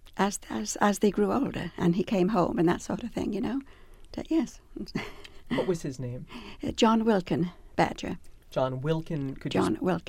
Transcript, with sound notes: as, as they grew older and he came home and that sort of thing, you know, yes. (she laughs)
What was his name?
John Wilkin Badger.
John Wilkin. Could you spell...
John Wilkin.